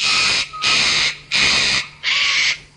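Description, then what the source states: Eclectus Parrot screeches, four loud harsh grating bursts, each about half a second long, evenly spaced with brief pauses between. Rainforests of New Guinea and nearby areas; males gather in small flocks and bring food to the female, who guards the nest cavity in a large tree.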